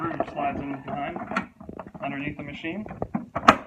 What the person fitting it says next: then it snaps into place like that